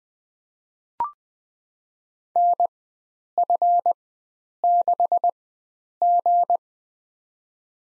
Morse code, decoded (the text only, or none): NF6G